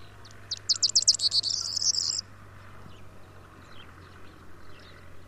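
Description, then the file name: Corn bunting song, one accelerating series of high clicks blurring into a glassy, jangling trill, then quiet with a steady low hum. "Mathias Ritschard - Prosyanka Emberiza calandra"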